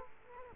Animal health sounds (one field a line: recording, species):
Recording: mosquito wingbeat signal from an infrared sensor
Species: Culex quinquefasciatus